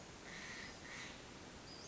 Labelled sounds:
Western Flycatcher (Empidonax difficilis)

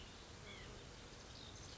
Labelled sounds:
White-breasted Nuthatch (Sitta carolinensis)

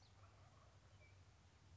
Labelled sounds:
Wild Turkey (Meleagris gallopavo)

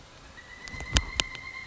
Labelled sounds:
Pileated Woodpecker (Dryocopus pileatus)

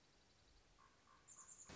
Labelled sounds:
Common Raven (Corvus corax)

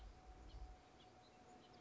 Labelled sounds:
House Finch (Haemorhous mexicanus)

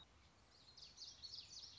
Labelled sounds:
Common Yellowthroat (Geothlypis trichas)

